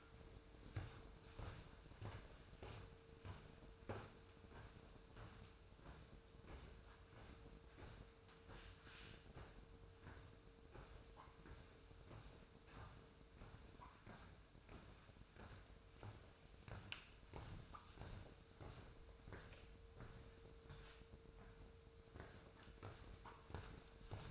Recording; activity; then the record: daily activity, microphone in the room; walk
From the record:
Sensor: 2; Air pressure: 1005.5 hPa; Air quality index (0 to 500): 94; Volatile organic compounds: 2 ppm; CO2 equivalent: 1144 ppm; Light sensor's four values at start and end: 8/20/8/8 and 8/20/8/8